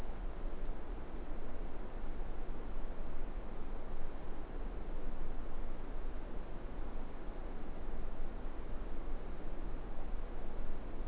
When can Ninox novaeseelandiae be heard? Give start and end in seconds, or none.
none